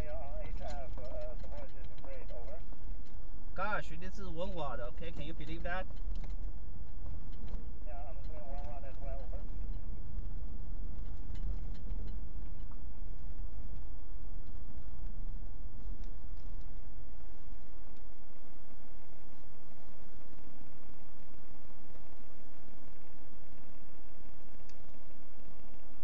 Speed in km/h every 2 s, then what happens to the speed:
16, 16, 21, 26, 27, 26, 21, 18, 6, 0, 0, 0, 0.
0-9 speeds up to 27. 9-17 slows to 0. 17-26 standing.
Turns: none.